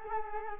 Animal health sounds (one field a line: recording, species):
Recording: mosquito wingbeat signal from an infrared sensor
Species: Culex quinquefasciatus